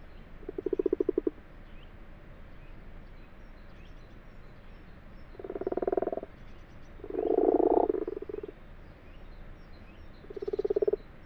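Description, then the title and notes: Common frog purring croaks, low and grating, in four separate bursts with longer silent stretches between them. Common frogs calling in full daylight, 12:45, 21 February 2020, abandoned water-filled wash house in a field, Fourcinet, Drôme, France; calling lasts a few days yearly, over two weeks early this year; Nagra LB, binaural. "Fourcinet - Drôme. les Grenouilles rousses (Rana temporia)"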